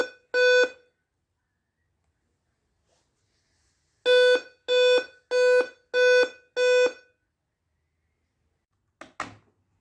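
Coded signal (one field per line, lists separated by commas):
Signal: beep code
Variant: Dell laptop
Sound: a buzzy square-wave beep, a pause, then five evenly spaced beeps, and a click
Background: handling noise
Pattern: 5 short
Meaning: Five beeps signal a CMOS battery failure; the battery needs replacing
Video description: The reason for this alarm is that the CMOS battery is dead, and its life span has expired, and once it is changed, the problem of this alarm will be solved.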